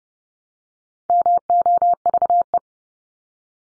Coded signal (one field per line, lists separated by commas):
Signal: Morse code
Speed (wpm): 30 wpm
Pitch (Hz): 700 Hz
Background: none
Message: MOVE